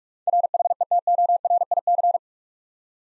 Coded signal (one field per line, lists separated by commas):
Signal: Morse code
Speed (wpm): 44 wpm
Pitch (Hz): 700 Hz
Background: none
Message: RHETORIC